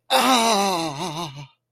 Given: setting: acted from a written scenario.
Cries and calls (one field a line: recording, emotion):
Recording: vocal sound without words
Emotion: pain